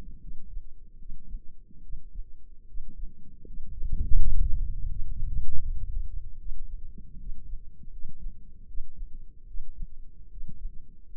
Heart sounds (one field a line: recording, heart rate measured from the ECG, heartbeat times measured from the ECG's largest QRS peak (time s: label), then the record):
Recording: heart sounds by microphone in the left ear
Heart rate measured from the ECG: 77 bpm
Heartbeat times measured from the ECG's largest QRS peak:
0.18 s: heartbeat
0.96 s: heartbeat
1.80 s: heartbeat
2.64 s: heartbeat
3.43 s: heartbeat
4.13 s: heartbeat
4.86 s: heartbeat
5.58 s: heartbeat
6.36 s: heartbeat
7.16 s: heartbeat
7.89 s: heartbeat
8.64 s: heartbeat
9.44 s: heartbeat
10.27 s: heartbeat
11.06 s: heartbeat
From the record:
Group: healthy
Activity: rest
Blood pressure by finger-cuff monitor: 124/75 mmHg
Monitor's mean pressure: 87 mmHg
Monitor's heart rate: 75 bpm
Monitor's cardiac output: 5.5 L/min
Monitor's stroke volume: 71 mL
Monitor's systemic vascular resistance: 1130 dyn s/cm5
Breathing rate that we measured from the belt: 17 breaths a minute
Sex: male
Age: 20 years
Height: 167 cm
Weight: 61 kg